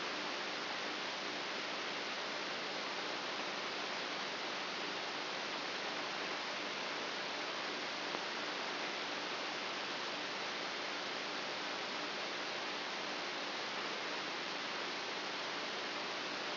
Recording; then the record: brain microelectrode recording played as sound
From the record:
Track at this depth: inside the subthalamic nucleus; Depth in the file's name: 4.64 mm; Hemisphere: right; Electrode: 2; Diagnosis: Parkinson's disease